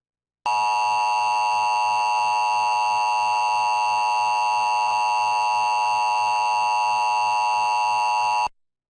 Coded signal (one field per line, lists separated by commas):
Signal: Emergency Alert System (SAME) tones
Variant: 853 and 960 Hz attention tone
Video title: Required Monthly Test & Severe Thunderstorm Warnings on TV! (EAS #687 - 696)